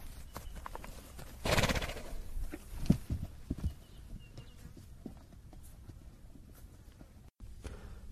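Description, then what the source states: Horse giving a short breathy blow through the nose, a soft rushing burst, followed by shuffling hoof steps and light knocks on the ground. Two big horses of a Johannesburg Metropolitan Mounted Unit police officer, south of Johannesburg, South Africa, approach; one sniffs the microphone, then lets out a little blow, a sigh through the nose.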